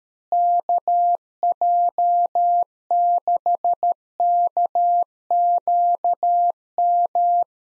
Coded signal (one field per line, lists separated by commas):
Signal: Morse code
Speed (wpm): 13 wpm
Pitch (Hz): 700 Hz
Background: none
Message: KJ6KQM